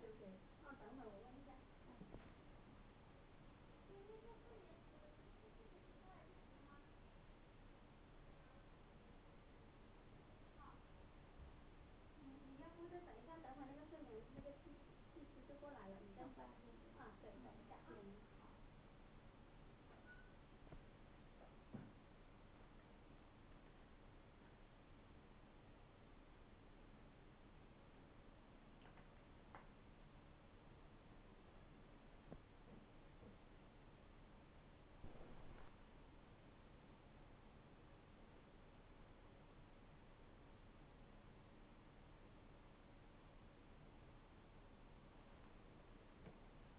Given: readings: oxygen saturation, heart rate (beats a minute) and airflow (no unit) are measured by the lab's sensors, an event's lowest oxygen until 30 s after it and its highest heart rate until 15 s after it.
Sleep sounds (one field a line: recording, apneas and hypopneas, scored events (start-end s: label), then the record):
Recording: a person awake in a sleep study, by a voice recorder at the bedside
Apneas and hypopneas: none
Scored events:
0.00-46.79 s: awake
From the record:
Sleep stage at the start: awake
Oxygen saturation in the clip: 96 to 98%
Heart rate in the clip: 77 to 98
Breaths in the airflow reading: 10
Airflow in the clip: -8.6 to 11.7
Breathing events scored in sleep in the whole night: 228 in 5.4 hours asleep